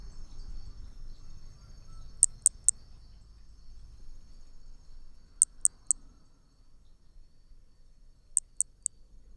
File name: MHNCI B hermogenesi Picinguaba ind 4 ex 3 tudo 5-20 cm distancia 13 dez 2017 MRB